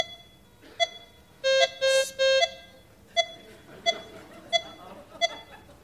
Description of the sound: Heart rate. Speeds up on inspiration, slows down on expiration.